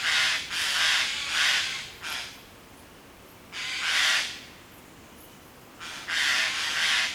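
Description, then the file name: Eurasian jay uttering loud, hoarse, scratchy screeches: a quick run of several, a single call, then another run of calls. "Garrulus glandarius"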